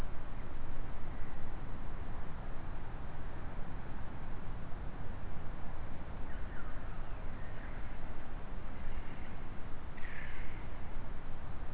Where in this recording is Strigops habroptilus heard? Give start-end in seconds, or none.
none